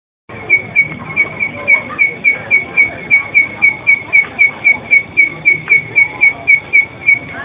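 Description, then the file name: Bird song: a single high whistled note repeated steadily, about four times a second, over broad background noise. "Vogel"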